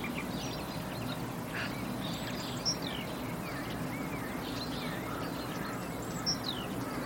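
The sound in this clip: Bird calls, short high chirps and whistled slurs scattered throughout, with two sharper notes standing out over constant hiss.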